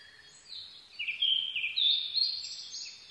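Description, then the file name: Blue-and-white flycatcher song: a brief, rich run of high whistled notes, rising then holding, delivered in one continuous phrase. Recorded 22 May 2011 at 04:34. "ooruri-20110522-0434"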